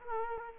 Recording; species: mosquito wingbeat signal from an infrared sensor; Culex quinquefasciatus